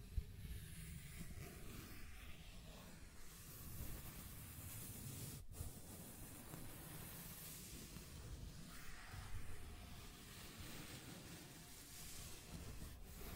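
Continuous scratching and tracing, a dense rough hiss with low rumble underneath, swelling slightly around four and nine seconds, briefly breaking near five.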